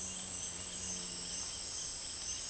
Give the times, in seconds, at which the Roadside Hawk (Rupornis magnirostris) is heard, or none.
0.00-2.50